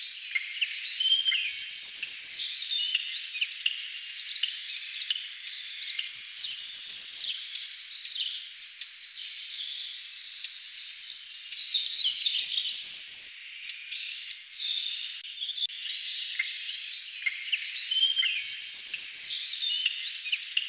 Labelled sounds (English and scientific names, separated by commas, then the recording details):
Short-toed Treecreeper (Certhia brachydactyla) song
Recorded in the wild
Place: Lilienhof / Kaiserstuhl, Baden-Württemberg, DE
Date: 2006-04-21
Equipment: MiniDisc Sharp MT 20 H
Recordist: Schwarz, Dieter